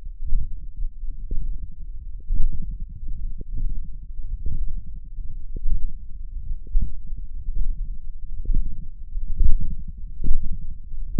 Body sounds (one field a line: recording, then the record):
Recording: forearm muscle sounds (acoustic myography)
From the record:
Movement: radial deviation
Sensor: system 1, eight BSWA MPA416 microphones around the upper forearm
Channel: 8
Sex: male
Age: 21 years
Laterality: right